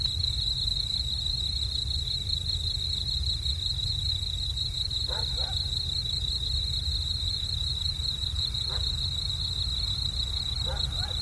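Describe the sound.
Cricket trill, a steady high pulsing buzz running unbroken throughout, with a few short lower chirps around five, nine and eleven seconds over a low background rumble.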